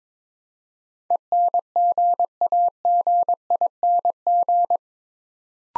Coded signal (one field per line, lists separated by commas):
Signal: Morse code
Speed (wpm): 22 wpm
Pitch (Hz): 700 Hz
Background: none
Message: ENGAGING